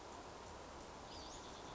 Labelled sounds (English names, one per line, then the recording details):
Western Flycatcher
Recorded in Sonoma County, California